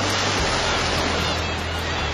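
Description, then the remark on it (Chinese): Ocean waves wash in a steady, continuous roar of surf, a broad hissing rush with no distinct breaks between crashes and no voices. “有多久没有听到大海的涛声了？”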